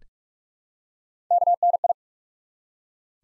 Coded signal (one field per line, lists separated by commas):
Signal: Morse code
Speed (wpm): 44 wpm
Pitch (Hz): 700 Hz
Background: none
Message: KNI